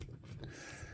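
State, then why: Not seated. A plastic accessory piece is worked against the back peg or clip slot of a New Eternia Beast Man action figure, with soft plastic handling rustle over a low background hum and brief light taps near 0.0 and 0.4 seconds. Nothing has seated or clicked into place yet.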